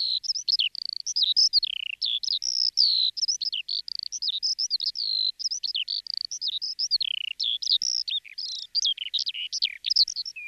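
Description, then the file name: Bird singing a fast, high twittering series of varied chirps and downslurred whistles, almost without pause, over a silent background. "ptici"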